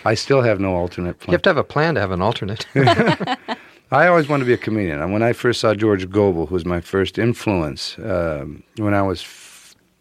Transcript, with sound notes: I still have no alternate plan.
You have to have a plan to have an alternate.
(LAUGHTER)
I always wanted to be a comedian. And when I first saw George Gobel, who was my first influence when I was